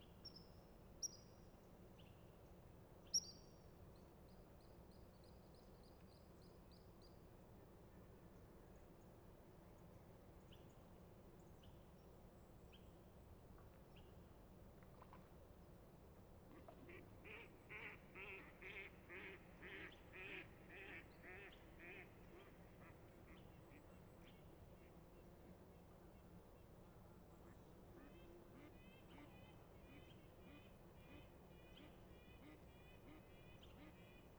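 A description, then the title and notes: Ducks quack in a rapid, rhythmic run around seventeen to twenty-two seconds over a steady low hum, with scattered birdsong chirps early and late. Dawn in Little Pend Oreille National Wildlife Refuge, Bayley's Lake is waking. Ducks disturb the calm air.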